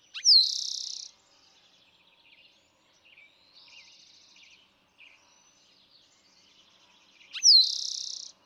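Eastern towhee song given twice about seven seconds apart, each a crisp slurred note and a buzzy trill, with quiet chirping between.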